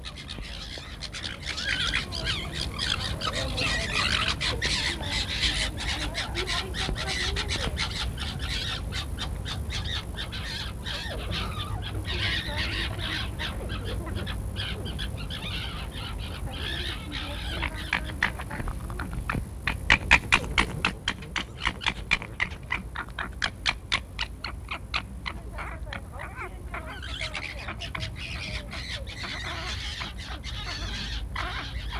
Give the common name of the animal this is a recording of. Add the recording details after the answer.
Corsac Fox. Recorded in captivity. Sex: group. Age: subadult. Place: Tierpark Berlin, Berlin, DE. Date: 1962-09-03 19:30. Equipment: Minifon, Kopie Smaragd. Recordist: Tembrock, Günter. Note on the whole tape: Diesjährige Jungtiere (schon annähernd ausgewachsen - geboren am 27.03.1962): Laute bei Begegnung, Drohliegen, Drohwälzen, Aufstellen, Pfotenheben, Hinterteilzukehren, Schwanzwurzelfassen. Keckern (hell/dunkel), Drohwinseln, Knätschen u.ä. Lautformen. Abstand ca. 1-2 m